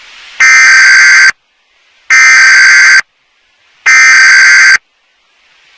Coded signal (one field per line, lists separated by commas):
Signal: Emergency Alert System (SAME) tones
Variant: header bursts